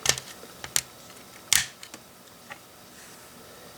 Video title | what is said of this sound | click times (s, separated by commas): Tutorial - LEGO Dually Pickup Truck How To | They just snap in place. | 0.8 s, 1.5 s